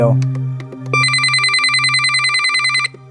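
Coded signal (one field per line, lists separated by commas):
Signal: none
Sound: electronic device beeps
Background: speech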